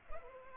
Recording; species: mosquito wingbeat signal from an infrared sensor; Culex pipiens